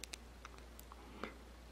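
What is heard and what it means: After cleaning, a trackball's ball and its retainer are handled back toward the plastic housing of a trackball mouse. Short, sharp plastic ticks sound at about 0.0, 0.1, 0.5 and 0.8 seconds, with the loudest, sharpest hit at 1.2 seconds. Nothing has seated or clicked into place yet.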